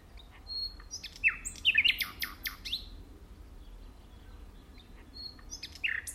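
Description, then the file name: Common nightingale song: spaced sharp, explosive notes and slurred whistles in a loose phrase, a long quiet pause, then a brief new burst. "Luscinia megarhynchos"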